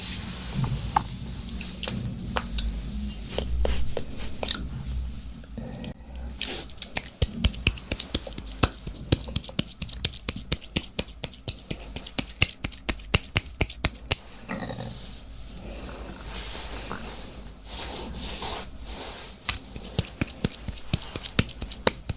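Mouth sounds and mic scratching fill the recording, with dense sharp clicks and pops crowding the middle and latter half. A low rumbling handling noise sits underneath, strongest in the first seconds, and soft breathy whispering drifts through between the clicks.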